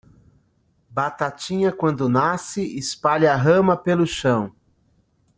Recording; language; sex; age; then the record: short text; Brazilian Portuguese; male; 50 to 59 years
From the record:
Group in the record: control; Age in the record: 52 years